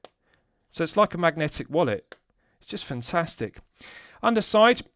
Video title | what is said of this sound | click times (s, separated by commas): Flux Quadras 4K Watch Review | It snaps shut up with a nice positive click because it's got a magnet in the flap and a magnet in the base. | 0.1 s